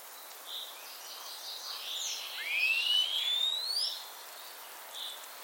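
Common starling chattering briefly, then giving one long, loud rising whistle that climbs steeply, followed by quieter scattered notes.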